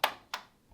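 Pulling the throttle trigger on a Hyundai HYC6200X petrol chainsaw releases the choke latch, which disengages into the off position. Two sharp clicks are heard at 0.0 s and 0.3 s, followed by a faint soft thump near 0.7 s. The choke is switched off.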